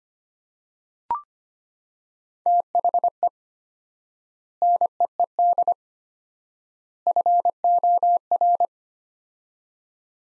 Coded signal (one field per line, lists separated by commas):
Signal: Morse code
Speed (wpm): 25 wpm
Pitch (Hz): 700 Hz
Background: none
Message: THE NEED FOR